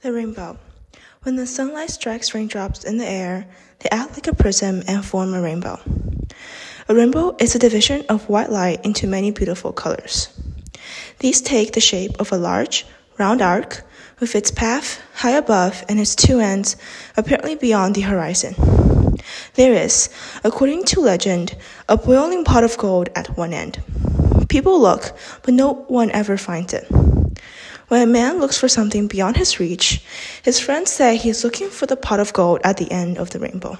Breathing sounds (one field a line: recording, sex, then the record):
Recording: reading aloud after running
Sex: female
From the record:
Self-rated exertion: moderate exertion (3 of 6)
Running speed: 5 miles an hour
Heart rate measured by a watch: 138 beats a minute at the start, 123 at the end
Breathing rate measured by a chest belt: 18 breaths a minute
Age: 18 years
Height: 171 cm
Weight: 75 kg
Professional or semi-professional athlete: no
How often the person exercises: 1 to 2 times a week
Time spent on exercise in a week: under 1 hour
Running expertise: no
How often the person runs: 1 to 2 times a week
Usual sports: running, fencing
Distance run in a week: 3 km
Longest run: 21.3 km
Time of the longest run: 190 minutes